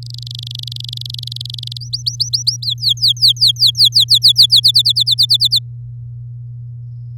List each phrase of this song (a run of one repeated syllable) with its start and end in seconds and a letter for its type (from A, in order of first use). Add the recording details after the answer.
0.02-1.77 A, 1.81-2.56 B, 2.62-4.60 C, 4.63-5.59 D. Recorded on 8 May 2018 at 08:15. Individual llb16